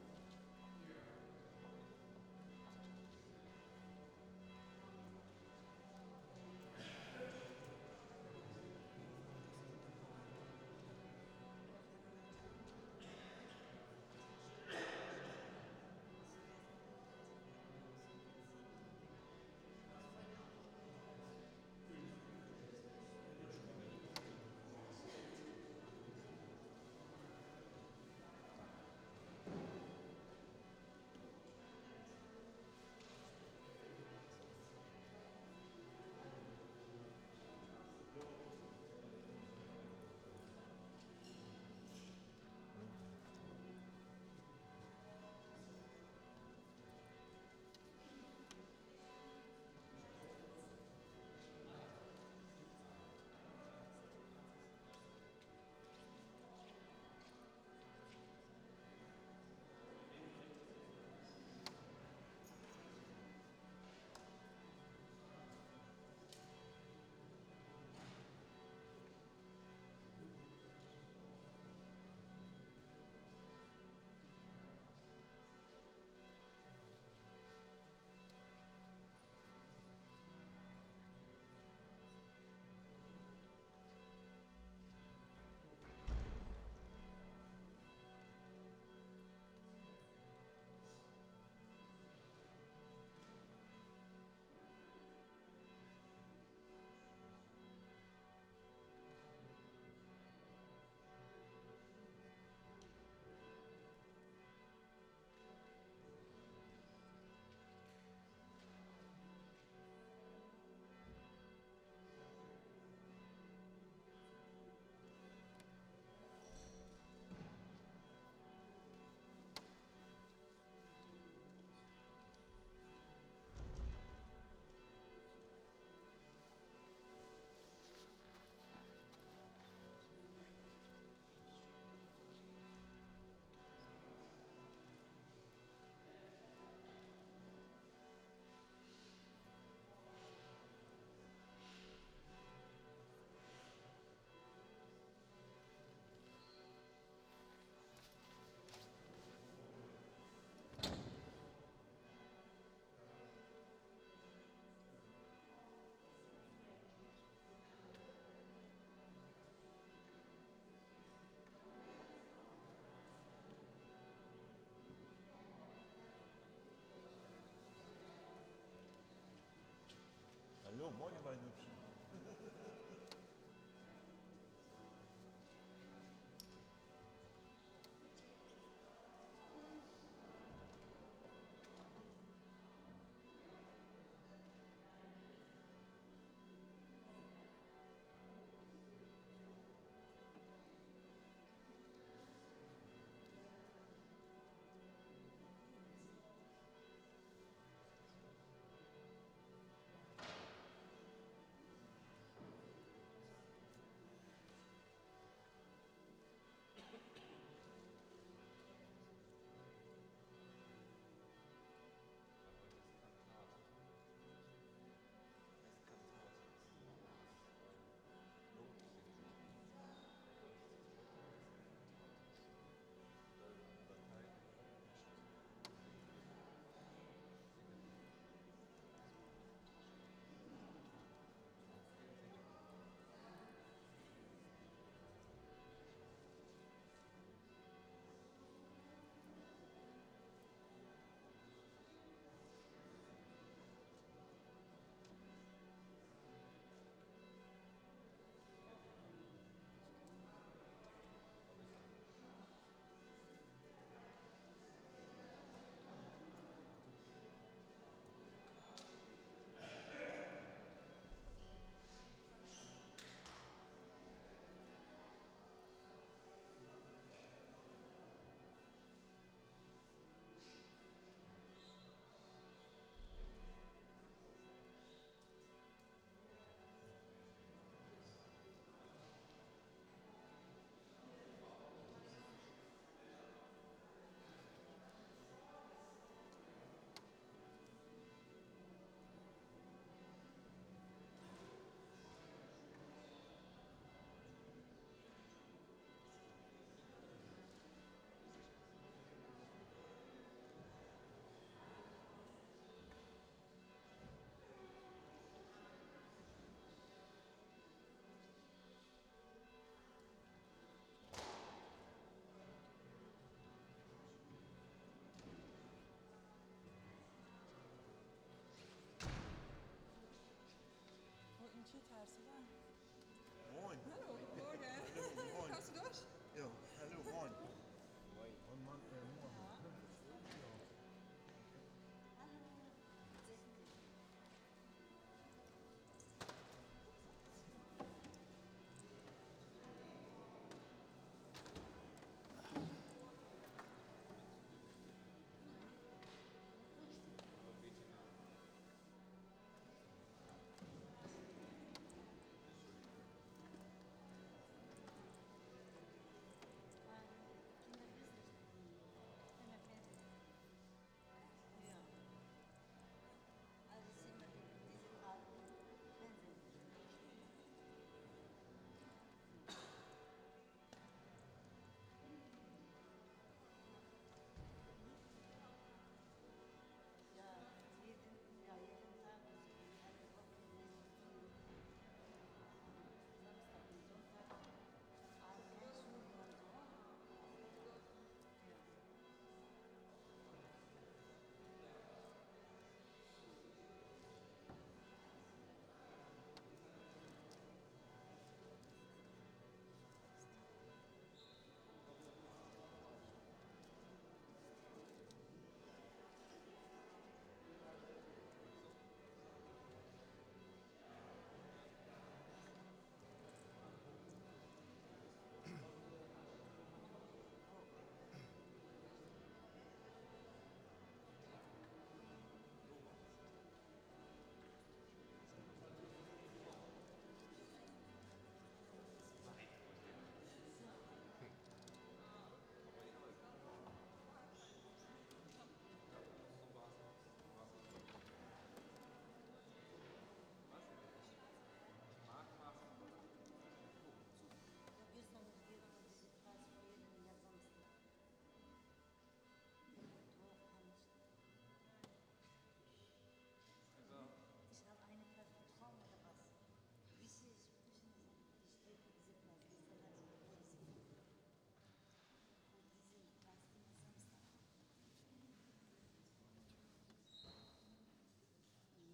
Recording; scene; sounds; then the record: everyday scene through a hearing-aid microphone; reverberant space; bell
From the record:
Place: church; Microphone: in the ear canal, right